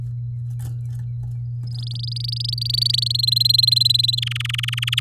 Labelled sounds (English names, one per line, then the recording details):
Domestic Canary song
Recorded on 8 May 2018 at 12:07
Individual llb16